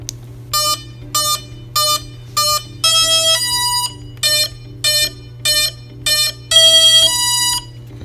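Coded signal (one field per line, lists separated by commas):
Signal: beep code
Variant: RC ESC startup beeps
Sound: about ten short buzzy beeps, with two longer two-pitch tones among them, over a low hum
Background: low electrical hum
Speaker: the beeps come at different times but it doesn't matter because they are still synced up because they were calibrated at the same time perfect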